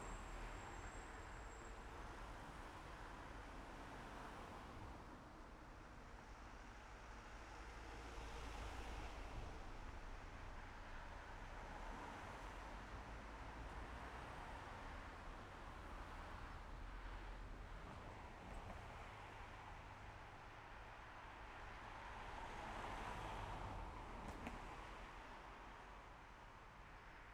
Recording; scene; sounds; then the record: everyday scene through a hearing-aid microphone; in traffic; traffic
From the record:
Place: main road on the outskirts, rush hour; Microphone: behind the ear, left, rear